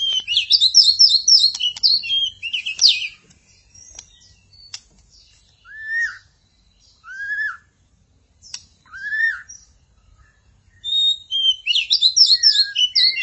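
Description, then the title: Magpie-robin or shama song: quick high chattering trills, then a few single whistled notes spaced apart, and the rapid trilled phrases again at the end. "Suara Burung Murai"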